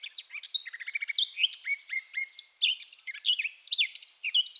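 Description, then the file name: Eurasian blackcap song, a busy stream of rapid chirping and whistled notes, with some clearer downslurred whistles near the end. "Sylvia atricapilla"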